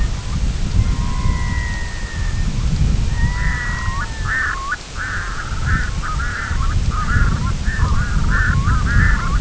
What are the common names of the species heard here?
Red-throated Loon